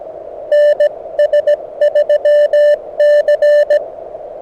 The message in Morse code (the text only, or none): NS3C